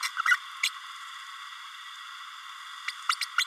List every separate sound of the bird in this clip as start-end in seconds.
0.18-0.21, 0.25-0.37, 0.63-0.70, 2.87-2.91, 3.09-3.15, 3.21-3.25, 3.38-3.44